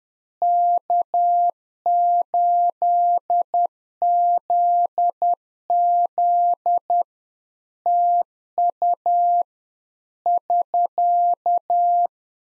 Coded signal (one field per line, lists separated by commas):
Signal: Morse code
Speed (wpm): 10 wpm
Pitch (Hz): 700 Hz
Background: none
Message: K8ZZ TU <SK>